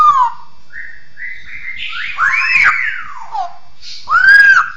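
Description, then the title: Bird song of stepped rising whistles building to broad arched notes, ending with a loud arched whistle. "SuaraBurung Kicau1"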